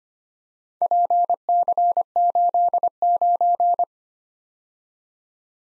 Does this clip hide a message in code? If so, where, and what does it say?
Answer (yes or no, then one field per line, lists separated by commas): yes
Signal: Morse code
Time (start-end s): 0.8-3.8 s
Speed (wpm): 28 wpm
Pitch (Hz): 700 Hz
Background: none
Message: PC89